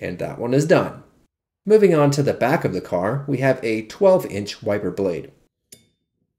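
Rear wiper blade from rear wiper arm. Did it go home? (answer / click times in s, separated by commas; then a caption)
released / 5.7 s. Someone talks about a 12-inch rear wiper blade on a 2002 Toyota RAV4 as the blade is rotated on its rear wiper arm. At 5.7 s the plastic mount gives a short, sharp snap and releases. The blade is then pulled away from the arm.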